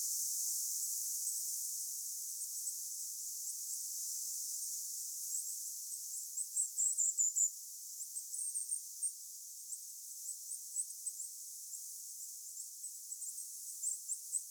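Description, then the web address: Thin, very high goldcrest notes, sparse at first, then a louder rapid series around seven seconds, followed by scattered repeated calls over faint hiss. Several goldcrests calling on Vähä saari island, 26 September 2024. "paivat 26 9 2024 vahan saaressa olleiden hippiaisten aantelya"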